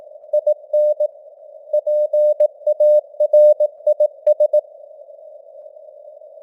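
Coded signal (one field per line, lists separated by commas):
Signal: Morse code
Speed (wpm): 18 wpm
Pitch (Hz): 600 Hz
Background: none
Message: IN PARIS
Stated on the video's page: Morse news headlines at 18 wpm with simulated radio noise and varying signal strength (QSB).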